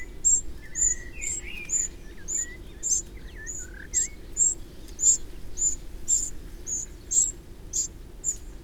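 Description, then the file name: Eurasian wren calling in a steady run of sharp, high ticks, with faint lower chirps early on. "Troglodytes troglodytes"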